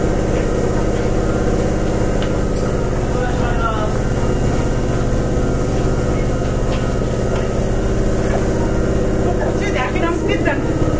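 An express train on the Takarazuka Line runs steadily, its deep, even rumble and motor hum filling the whole clip at a constant level. Faint voices drift underneath, and a few brief clicks and squeaks rise above the drone, especially near the end.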